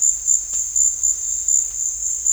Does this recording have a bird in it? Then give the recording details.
no. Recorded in dense forest near Puerto Asís, Putumayo, Colombia, on 21 December 2024 at 16:30. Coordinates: 0.484, -76.325. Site G056